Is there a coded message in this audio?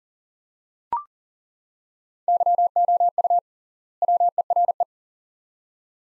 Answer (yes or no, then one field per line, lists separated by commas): yes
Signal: Morse code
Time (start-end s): 2.3-4.8 s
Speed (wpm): 40 wpm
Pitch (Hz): 700 Hz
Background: none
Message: YOU WERE